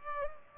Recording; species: mosquito wingbeat signal from an infrared sensor; Culex pipiens